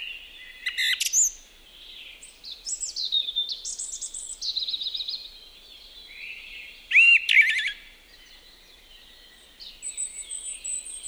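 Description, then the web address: Song thrush song: a string of varied whistled and trilled phrases with a few sharp high notes and short gaps between them. "liigid plaat laulurastas"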